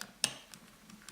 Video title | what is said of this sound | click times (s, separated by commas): 1G3 Fat Shark module - unboxing and flying test | Hop, ça se clipse. | 0.2 s